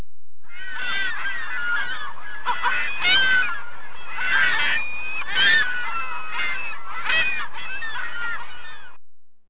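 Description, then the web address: Gulls calling: many overlapping harsh, wavering cries and squeals sounding continuously, with a few louder bursts standing out from a dense flock chorus. "webster"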